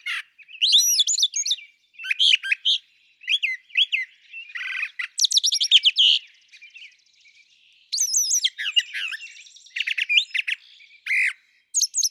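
Brown Thrasher song: loud, varied chirpy and scratchy phrases delivered in quick bursts, separated by brief pauses.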